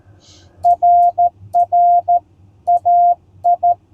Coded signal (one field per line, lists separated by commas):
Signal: Morse code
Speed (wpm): 13 wpm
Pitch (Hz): 700 Hz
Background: none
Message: RR AI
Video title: Successful CW POTA Activation at Ft Harrison State Park!